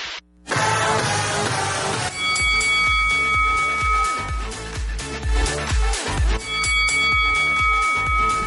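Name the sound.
bell ringing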